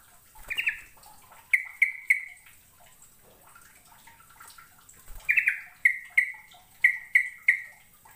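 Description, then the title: Bird giving short buzzy trilled notes in loose series, a few early then five or six in quick succession later, with faint clicks behind. "Kicau Burung"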